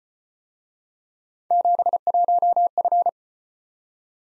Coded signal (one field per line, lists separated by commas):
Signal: Morse code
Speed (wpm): 33 wpm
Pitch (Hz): 700 Hz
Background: none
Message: 71F